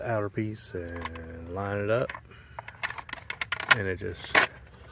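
Someone talks while lining up the painted outer cover on a replacement side mirror housing for a 2013 Kia Optima, with plastic clips meant to hold it. A quick run of small, sharp ticks is heard between about 2.9 and 3.6 seconds as the cover is handled. Nothing has seated or clicked into place yet.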